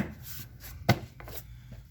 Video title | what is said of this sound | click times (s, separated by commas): 2016 Mini Cooper F55 S, F56 spark plug change | And it just kind of snaps in place. Line it up with the oil fill. | 0.9 s